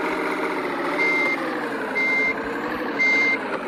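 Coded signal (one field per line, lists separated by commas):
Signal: none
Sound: truck reversing beeps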